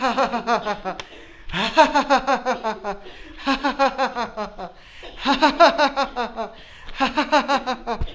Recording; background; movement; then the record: laughter; a bystander coughing; walking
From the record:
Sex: male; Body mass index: 20.6 kg/m2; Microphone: on the chest, facing the body